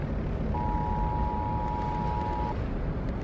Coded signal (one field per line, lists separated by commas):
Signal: Emergency Alert System (SAME) tones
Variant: 853 and 960 Hz attention tone